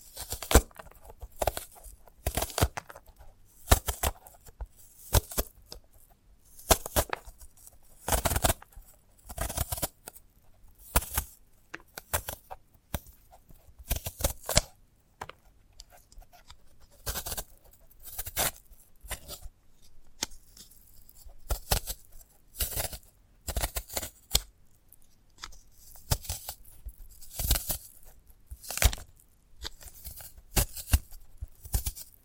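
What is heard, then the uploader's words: Sprouted coconut ASMR: crisp snapping, cutting and tearing sounds come in quick clusters throughout, often two or three in a row, then short pauses. Each crack is sharp and bright with a dull low thump underneath, set against near silence. ASMR of a Sprouted Coconut (No Talking).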